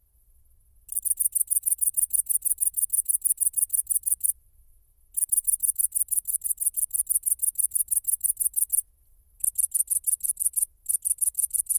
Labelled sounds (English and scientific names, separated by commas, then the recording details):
Great Green Bush-cricket (Tettigonia viridissima) stridulation
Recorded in the wild
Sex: male
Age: imago
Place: Kloster, Insel Hiddensee, Mecklenburg-Vorpommern, DE
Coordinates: 54.5897, 13.1044
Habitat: hedge
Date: 2008-09-09 20:50
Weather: ca. 15°C
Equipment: Sound Devices 702, Sennheiser MKH 70, Windkorb
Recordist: Frommolt, Karl-Heinz